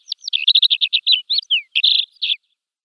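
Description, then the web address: Alpine accentor song: a rapid warbling phrase of trilled and buzzy notes lasting a little over two seconds. "Schulze Peter Alpine Accentor"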